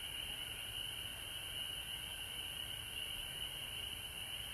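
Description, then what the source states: High, dense frog chorus, continuous without breaks, over low background rumble. Frogs recorded at home in Georgia on March 19, 2020.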